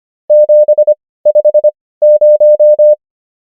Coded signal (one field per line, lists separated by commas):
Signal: Morse code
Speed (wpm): 25 wpm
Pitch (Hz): 600 Hz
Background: none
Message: 750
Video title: morse code practice | 25wpm | 17fw | numbers | ENGLISH